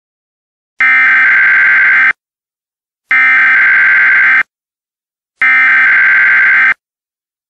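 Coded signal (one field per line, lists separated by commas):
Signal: Emergency Alert System (SAME) tones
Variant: header bursts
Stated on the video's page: Fictional EAS scenario, a simulated alert.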